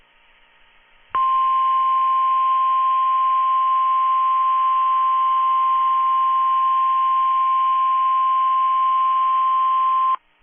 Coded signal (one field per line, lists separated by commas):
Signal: Emergency Alert System (SAME) tones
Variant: 1050 Hz attention tone